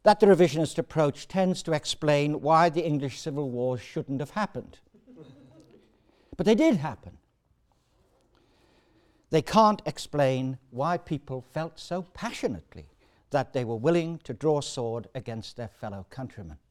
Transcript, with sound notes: that the revisionist approach tends to explain why the English civil wars shouldn’t have happened [laughter] But they did happen. They can’t explain why people felt so passionately that they were willing to draw sword against their fellow countrymen.